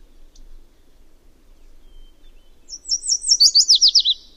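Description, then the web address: Yellow warbler song: after a quiet start, a quick run of several bright, high, slurred notes that end abruptly. Common species of western North America. "Songs of Birds of North America Know Your Bird Sounds Common Western Species. Yellow Warbler"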